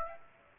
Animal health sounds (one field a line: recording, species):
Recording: mosquito wingbeat signal from an infrared sensor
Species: Aedes aegypti